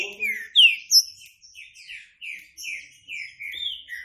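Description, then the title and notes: Green-winged saltator delivering short, clear whistled phrases, several sliding downward, spaced by brief gaps. Classic song style (Canto Clássico) used as a training recording for the bird. "Canto Clássico Trinca Ferro TREINAMENTO. trinca fero"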